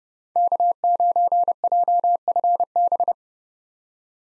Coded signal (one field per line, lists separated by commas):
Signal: Morse code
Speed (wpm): 30 wpm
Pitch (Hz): 700 Hz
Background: none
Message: K9JFB